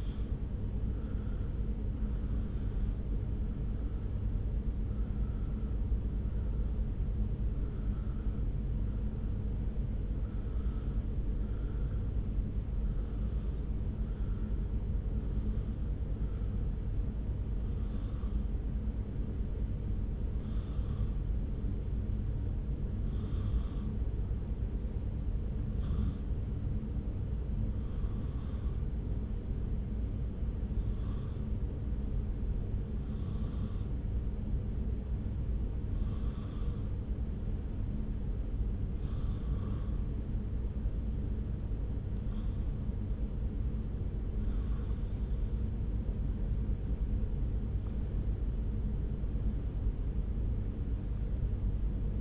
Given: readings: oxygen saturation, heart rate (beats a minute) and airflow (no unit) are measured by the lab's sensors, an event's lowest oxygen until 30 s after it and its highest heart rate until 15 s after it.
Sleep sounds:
breathing in sleep by a smartphone at the bedside; 1
22.00-44.10 s: hypopnea (N1, oxygen 96% highest, then 94% lowest)
29.00-52.21 s: new sleep stage, N2 (light sleep)
From the record:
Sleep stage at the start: N1 (lightest sleep); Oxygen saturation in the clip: 91 to 96%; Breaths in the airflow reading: 14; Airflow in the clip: -1.2 to 2.5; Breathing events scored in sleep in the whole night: 335 in 6.7 hours asleep

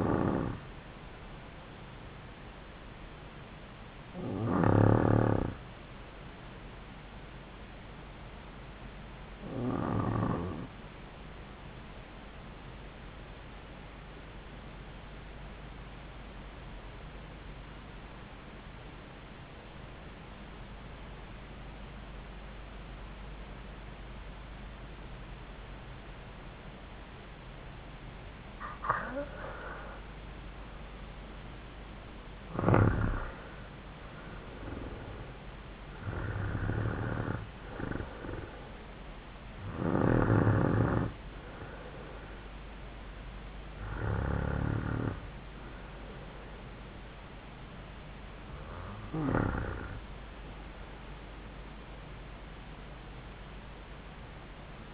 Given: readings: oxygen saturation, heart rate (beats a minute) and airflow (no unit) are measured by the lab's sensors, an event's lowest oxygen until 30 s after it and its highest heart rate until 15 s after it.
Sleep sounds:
breathing in sleep by a voice recorder at the bedside; 1
16.00-28.90 s: obstructive apnea (REM, oxygen 95% highest, then 89% lowest)
From the record:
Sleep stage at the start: REM sleep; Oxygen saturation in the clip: 89 to 96%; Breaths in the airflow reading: 9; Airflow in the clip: -6.9 to 8.0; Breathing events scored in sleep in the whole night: 270 in 6.1 hours asleep

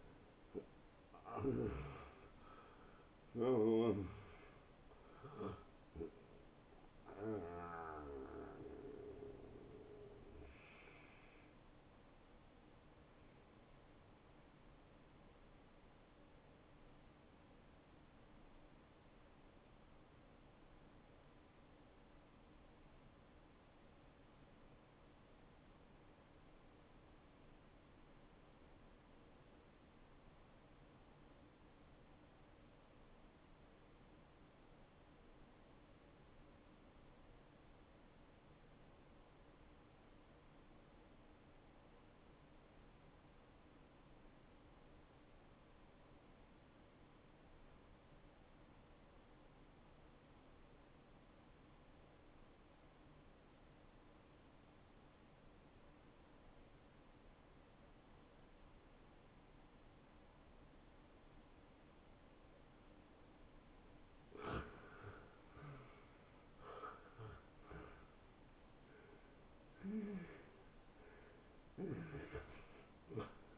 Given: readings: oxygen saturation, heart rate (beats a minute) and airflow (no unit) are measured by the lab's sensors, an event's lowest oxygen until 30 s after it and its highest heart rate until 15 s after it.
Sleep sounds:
breathing in sleep by a voice recorder at the bedside; 1
18.00-63.50 s: obstructive apnea (N1, oxygen 94% highest, then 84% lowest)
From the record:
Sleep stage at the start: N1 (lightest sleep); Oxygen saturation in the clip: 79 to 94%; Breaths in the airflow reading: 8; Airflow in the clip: -14.7 to 10.1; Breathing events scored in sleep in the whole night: 263 in 5.5 hours asleep

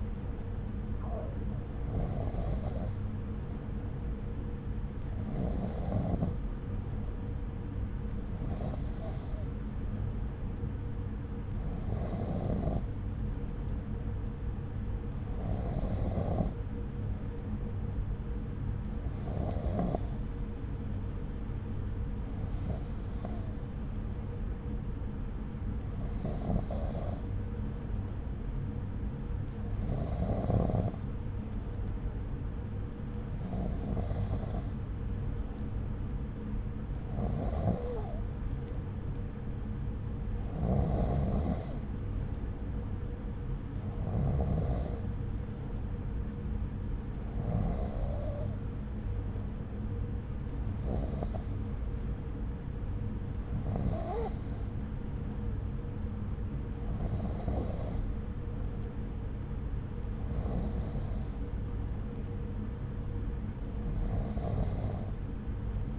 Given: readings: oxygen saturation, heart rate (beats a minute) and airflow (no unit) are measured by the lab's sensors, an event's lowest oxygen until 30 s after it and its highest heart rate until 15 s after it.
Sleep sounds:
breathing in sleep by a smartphone at the bedside; none
18.00-65.98 s: new sleep stage, N3 (deep sleep)
From the record:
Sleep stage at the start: N2 (light sleep); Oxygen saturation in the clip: 93%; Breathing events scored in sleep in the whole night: 303 in 8.1 hours asleep

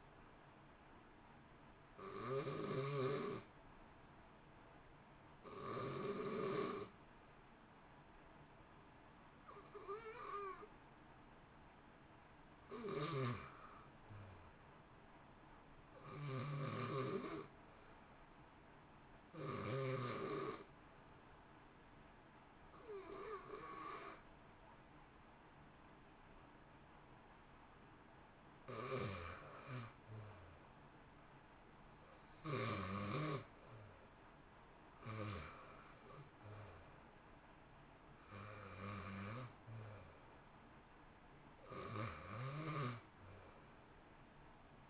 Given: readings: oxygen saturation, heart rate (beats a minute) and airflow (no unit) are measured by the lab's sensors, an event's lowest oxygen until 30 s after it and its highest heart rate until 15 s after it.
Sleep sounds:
breathing in sleep by a voice recorder at the bedside; 1
8.00-30.00 s: hypopnea (REM, oxygen 94% highest, then 88% lowest, heart rate 59 at the start, 66 highest)
From the record:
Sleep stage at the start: REM sleep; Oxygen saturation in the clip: 90 to 94%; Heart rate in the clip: 57 to 66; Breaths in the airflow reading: 17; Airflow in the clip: -1.0 to 1.6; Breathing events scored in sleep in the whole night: 328 in 6.3 hours asleep

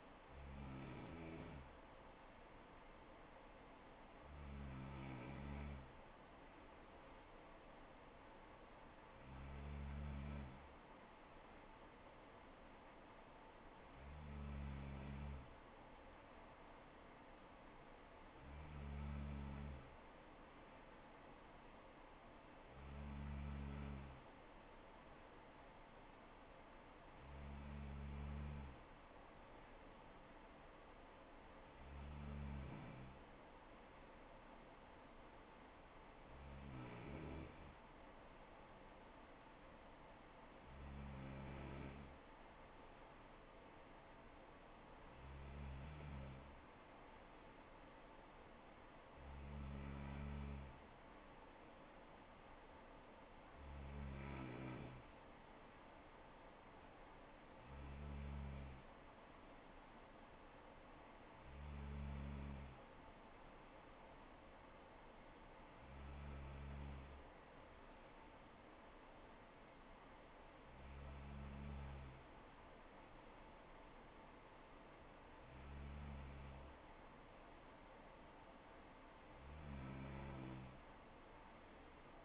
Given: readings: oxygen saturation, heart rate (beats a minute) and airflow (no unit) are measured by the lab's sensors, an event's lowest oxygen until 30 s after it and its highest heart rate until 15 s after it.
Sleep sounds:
breathing in sleep by a voice recorder at the bedside; none
26.00-82.25 s: new sleep stage, N2 (light sleep)
From the record:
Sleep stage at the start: N3 (deep sleep); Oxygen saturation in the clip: 94 to 95%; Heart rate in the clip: 64 to 69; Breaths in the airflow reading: 19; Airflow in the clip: -3.8 to 3.1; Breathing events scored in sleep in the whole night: 79 in 6.3 hours asleep

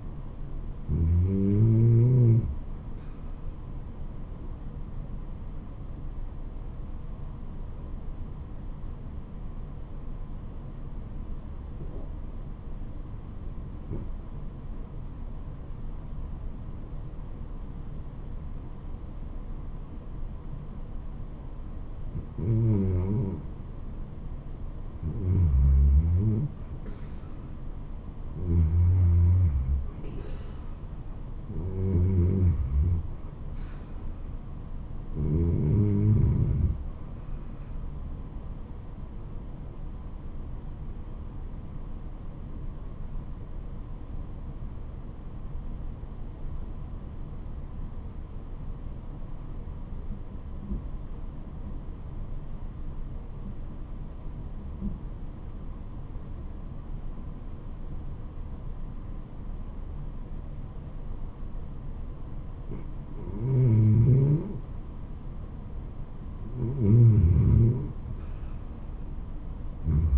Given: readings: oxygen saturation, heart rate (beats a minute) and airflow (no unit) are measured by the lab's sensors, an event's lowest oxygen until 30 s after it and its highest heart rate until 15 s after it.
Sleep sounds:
breathing in sleep by a smartphone at the bedside; 2
7.00-25.10 s: obstructive apnea (REM, oxygen 91% highest, then 84% lowest, heart rate 75 at the start, 81 highest)
42.00-65.00 s: obstructive apnea (REM, oxygen 93% highest, then 87% lowest, heart rate 76 at the start, 77 highest)
From the record:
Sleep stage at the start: REM sleep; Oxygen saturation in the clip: 84 to 93%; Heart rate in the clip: 64 to 81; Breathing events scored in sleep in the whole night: 426 in 7.4 hours asleep

